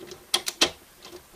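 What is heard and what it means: A plastic vehicle part is fitted into the body of a Bandai Power Rangers Operation Overdrive DX DriveMax Megazord transforming toy robot, and it clips into place on its own with a sharp snap at 0.4 s. Two more sharp plastic clicks follow at about 0.5 s and 0.6 s, with faint ticks before and after. The part is seated without any problem.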